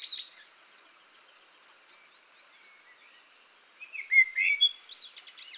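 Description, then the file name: Eurasian blackbird song: the tail of a phrase, a long quiet gap, then a brief mellow warbled phrase and a shrill high twittering ending. "Turdus merula"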